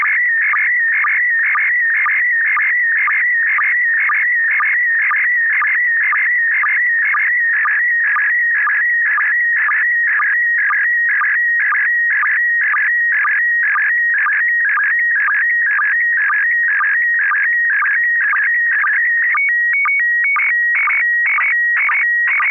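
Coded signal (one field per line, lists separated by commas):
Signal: SSTV (slow-scan television)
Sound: continuous warbling, buzzy tone with short low sync chirps about twice a second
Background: FM radio hiss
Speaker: this is kp4md this is a uh a view of the uh uh it's a transceiver it's a Chinese transceiver it's the USDX plus it's a single board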